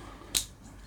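During reassembly of a PlayStation 1 analogue controller, an internal plastic part is brought back in and pressed into the plastic controller shell until it sits flush with the edge. A single sharp snap sounds at 0.4 s over a quiet background, and the part is seated.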